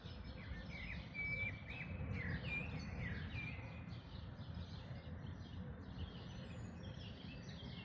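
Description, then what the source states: Several birds singing together, a mix of short chirps and whistled phrases, with a constant low background rumble beneath them. Dawn chorus on 1 May 2026.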